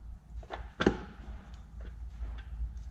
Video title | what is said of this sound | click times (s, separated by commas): Twin Turbo GMC Build - Episode 4 | you go I felt it going three clicks I don't know if you guys seen it she's | 0.4 s, 0.5 s, 0.8 s